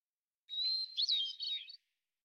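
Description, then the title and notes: Hermit thrush song phrase, a held whistled note leading into a fast cascade of swirling, varied notes, with nothing else audible. Individual performance in Pacific Northwest, Washington, United States; song sequence isolated from original at natural pace and rhythm, ending with a block of eight basic phonemes and variants. "BIRDSong Thrushes And Allies - Hermit Thrush. Hermit Thrush, Catharus guttatus, individual performance, song sequence with an end block of example 8 basic phonemes and variants, isolated from original, natural pace and rhythm maintained Recorded in the beautiful Pacific Northwest, Washington, United States"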